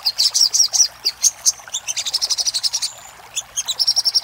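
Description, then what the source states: Little spiderhunter song of quick, high chipping notes, a few thin whistled slurs mixed in, delivered in rapid bursts with a short pause near the end. Master recording for training cage birds; Indonesian name sogok ontong, labelled labaik.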